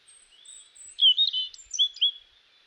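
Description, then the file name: European robin song: thin, high, drawn-out whistled notes, then a burst of quick, sweet warbled phrases. "Erithacus rubecula"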